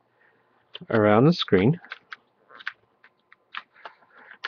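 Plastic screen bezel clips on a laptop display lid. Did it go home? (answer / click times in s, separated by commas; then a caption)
released / 2.1 s, 2.7 s, 4.5 s. Someone talks while the plastic screen bezel on an ASUS X55A/X55C/X55H laptop display lid is pried up and out with the fingertips, working around the lid. Sharp snaps are heard at 2.1, 2.7 and 4.5 seconds as the bezel clips release, among smaller clicks and rustling. The bezel clips snap loose.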